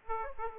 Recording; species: mosquito wingbeat signal from an infrared sensor; Aedes aegypti